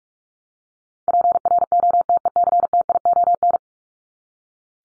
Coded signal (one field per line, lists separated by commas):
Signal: Morse code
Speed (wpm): 44 wpm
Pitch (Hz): 700 Hz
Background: none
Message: PROTECTION